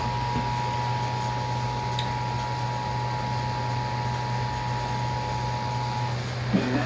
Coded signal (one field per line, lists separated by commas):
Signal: Emergency Alert System (SAME) tones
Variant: 853 and 960 Hz attention tone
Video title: EAS Severe Thunderstorm Warning #2 - 07/19/2019